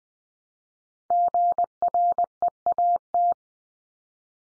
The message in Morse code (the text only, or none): GREAT